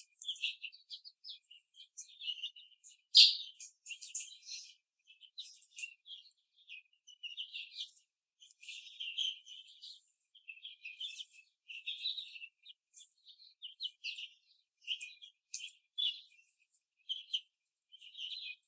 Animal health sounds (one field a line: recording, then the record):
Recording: young laying hens in a cage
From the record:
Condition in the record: after the stressor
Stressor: simulated dog barking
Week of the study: 3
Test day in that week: 1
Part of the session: 3